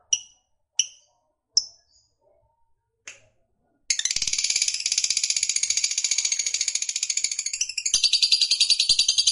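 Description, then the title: Lovebird song: a few sharp high chips, then a continuous fast, rattling, buzzy chatter held for several seconds. Fighter-type lovebird singing energetically (gacor). "Berkat SUARA Lovebird FIGHTER GACOR Ini"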